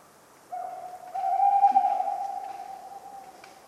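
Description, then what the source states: Tawny owl hoot: a long, even, hollow note held for about three seconds, briefly growing louder before slowly fading away. Tawny owl calling persistently on a cold autumn night, 11 November 1995, Ménigoute, France.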